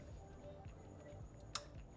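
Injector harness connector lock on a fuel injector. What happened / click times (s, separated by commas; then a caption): The connector lock clicked open / 1.6 s. A plastic locking tab on a fuel injector harness connector on a B58 engine is lifted to disconnect it, producing one short, sharp click at 1.6 s over a low, steady background hum. The connector lock clicks open and is released, ready to be squeezed and lifted off.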